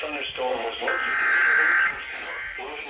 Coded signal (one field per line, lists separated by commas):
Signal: Emergency Alert System (SAME) tones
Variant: header bursts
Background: speech